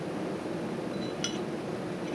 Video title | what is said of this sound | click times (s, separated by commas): A basic review of the Glock 21. | drop that in there. And you want to make sure the barrel locks in place like that. | 1.2 s